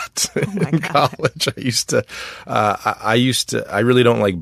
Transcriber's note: laughter